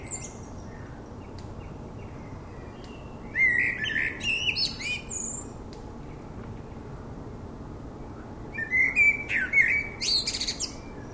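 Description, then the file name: Common blackbird song: two phrases, each a low fluted warble followed by high, squeaky twittering, separated by several seconds of quiet background hiss. "Turdus merula"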